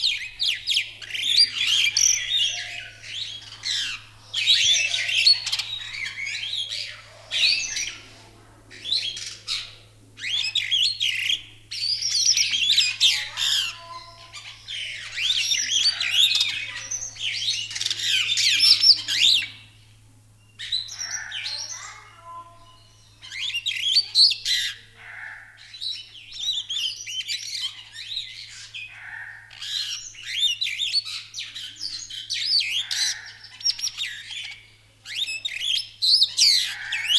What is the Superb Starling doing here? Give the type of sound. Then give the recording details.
song. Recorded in captivity. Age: adult. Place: Zoo Berlin, Berlin, DE. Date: 2001-03-20 12:17. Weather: overcast, 0°C. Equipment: Nagra SN, Kopie Uher 4000 Report Monitor. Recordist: Tembrock, Günter. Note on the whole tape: Zwei Exemplare: Gesang, Entfernung 1 m